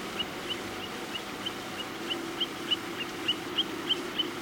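Long-billed plover calls, thin rising whistles repeated rapidly, faint at first and clearer toward the end, over a steady low rumble.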